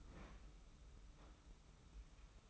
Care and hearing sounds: daily activity, microphone in the room; open fridge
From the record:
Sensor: 1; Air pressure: 991.0 hPa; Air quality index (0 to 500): 111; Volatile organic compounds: 115 ppm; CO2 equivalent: 3850 ppm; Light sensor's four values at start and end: 20/48/20/22 and 20/48/20/22

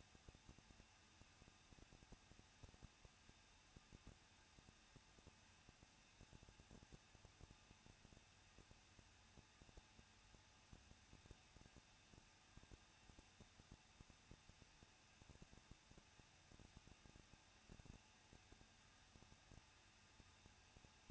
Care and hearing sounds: daily activity, microphone in the room; no activity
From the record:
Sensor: 2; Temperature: 21.0 degrees Celsius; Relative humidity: 37.3%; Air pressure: 1006.3 hPa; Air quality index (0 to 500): 220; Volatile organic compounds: 23 ppm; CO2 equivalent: 2784 ppm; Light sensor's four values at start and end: 2/3/2/2 and 2/3/2/2

